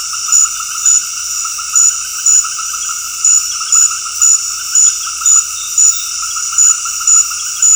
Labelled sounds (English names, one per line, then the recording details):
none
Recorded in dense forest near Puerto Asís, Putumayo, Colombia, on 19 February 2024 at 20:00
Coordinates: 0.485, -76.318
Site G6408